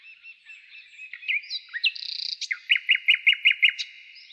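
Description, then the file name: Common nightingale singing varied whistles and slurred notes, a brief buzzy stretch, then several loud, evenly spaced downslurred chirps repeated in quick succession. Nightingale trill. "Zvuki-prirodysolovey-solov inaya-trel"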